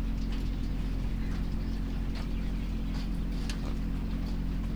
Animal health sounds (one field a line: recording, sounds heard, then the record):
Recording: poultry house recording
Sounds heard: sick chickens (respiratory disease)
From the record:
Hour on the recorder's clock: 0